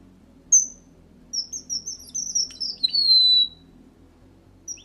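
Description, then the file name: Red avadavat: one high sharp note, then a string of squeaky thin notes sliding into a drawn-out falling whistle; a soft low hum continues throughout. "Bengali vermelho"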